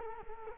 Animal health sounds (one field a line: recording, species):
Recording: mosquito wingbeat signal from an infrared sensor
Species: Culex quinquefasciatus